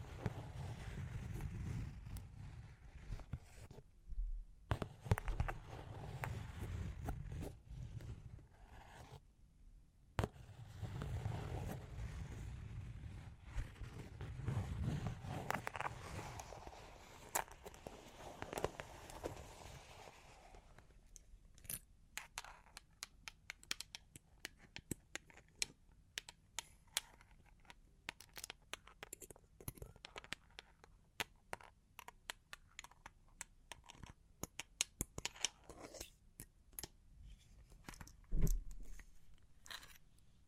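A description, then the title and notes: Long claws scratch and scrape in dense, rough bursts for the first twenty seconds, with low thumping under them and brief pauses near 4 and 10 seconds. After that, sharp, irregular tapping clicks take over, scattered with quiet gaps between them. Long Claws Tapping and Scratching (No Talking).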